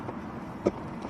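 A mains hookup plug is handled at the inlet socket of a 2023 Autotrail F60 motorhome, where a notch on the socket engages with a tab. Over a steady low background rumble, a brief sharp knock sounds at about 0.7 s and another short one at about 1.1 s as the plug is handled. Nothing has seated or clicked yet.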